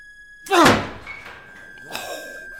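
A door is shoved open with a loud, heavy thud and a rattling impact, followed by a brief scraping clatter as it swings and settles, with a steady high tone humming underneath.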